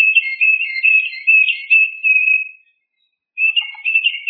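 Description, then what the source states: Bird giving a rapid, high, scratchy warbling trill that runs unbroken for over two seconds, a short pause, then the trill starts again. Masteran tutor recording.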